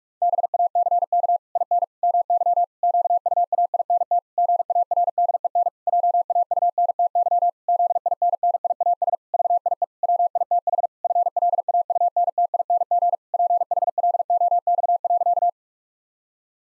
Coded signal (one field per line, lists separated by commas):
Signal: Morse code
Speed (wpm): 46 wpm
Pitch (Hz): 700 Hz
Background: none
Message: BACK IN MY QUAINT GARDEN JAUNTY ZINNIAS VIE WITH FLAUNTING PHLOX.